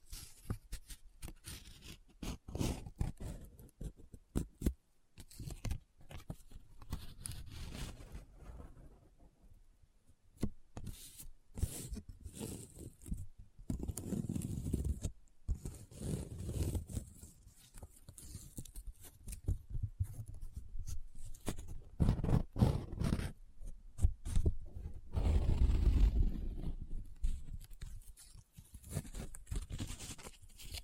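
Paper being handled, with crinkles, scratches and rubbing strokes coming in irregular bursts throughout. Sharp crisp snaps stand out around 5, 10, 15 and 22 seconds, while slower rubbing and folding fill the stretches between, with a brief quiet gap near 10 seconds.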